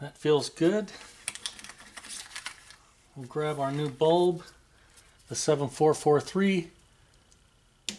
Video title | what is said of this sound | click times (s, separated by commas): Honda Civic Brake Light Bulb and Socket Replacement (2006-2011) | snap that in place okay we'll do a final test I'm pressing | 7.9 s